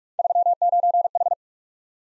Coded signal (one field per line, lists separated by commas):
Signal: Morse code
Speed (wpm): 44 wpm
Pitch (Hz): 700 Hz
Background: none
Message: 39H